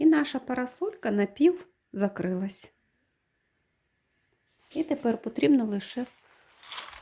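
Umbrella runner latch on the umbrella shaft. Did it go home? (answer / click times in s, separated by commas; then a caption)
no / none. An umbrella has been half-closed with its auto-close button, and the canopy is about to be pushed down by hand so the runner latch locks onto the shaft near the handle. Someone talks, pauses in near silence, then talks again over faint handling noise. The clip ends before the latch engages, so nothing has seated or clicked yet.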